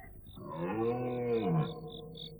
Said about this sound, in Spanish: Durante toda la noche estuve oyendo por acá y por allá, tan pronto lejos como cerca, el bramido de los ciervos, que se llamaban unos a otros